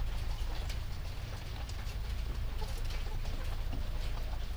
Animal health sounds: poultry house recording; healthy chickens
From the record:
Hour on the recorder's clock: 2

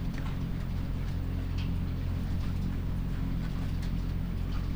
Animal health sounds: poultry house recording; sick chickens (respiratory disease)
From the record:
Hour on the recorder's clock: 21

